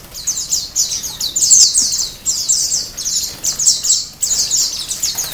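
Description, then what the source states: White-eye chorus of thin, very high chirps and trills that surge and dip, several birds singing at once. Ombyokan-style chorus of many white-eyes singing together, from a masteran (training) recording for cage birds.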